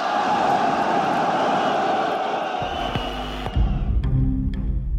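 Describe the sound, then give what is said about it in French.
A large crowd of Renault factory workers in France boos in a loud, dense, sustained roar, which gives way partway through to lower, steadier tones; they are booing one of the measures of the Grenelle agreements. “Ces huées, qui concernent seulement l'une des mesures, vont être interprétées par tout le monde comme un refus des accords de Grenelle par la base ouvrière.”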